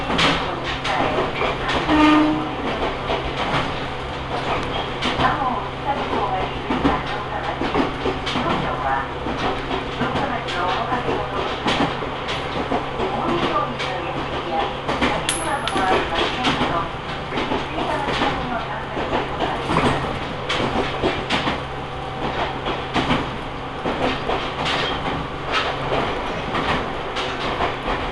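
A ride aboard an Ohmi Railway train running south toward Kibukawa. A steady low rumble and hum fill the car throughout, with frequent rattles and clacks from the wheels and body, faint voices mixed in, and a brief high tone around fifteen seconds.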